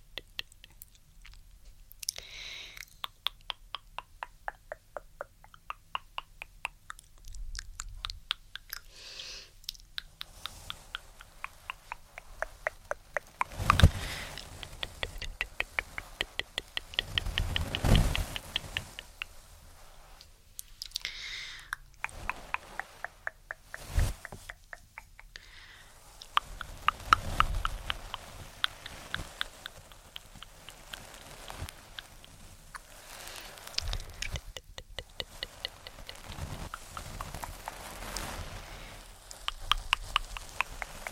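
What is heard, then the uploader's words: Brushing and tongue clicking: a steady run of sharp, dry clicks fills most of the 41 seconds, some in quick regular bursts, others spaced out. Soft scratchy brushing strokes swell in between, with a few louder rustling sweeps around 14, 18 and 27 seconds. ASMR ~TINGLY~ Brushing & Tongue Clicking.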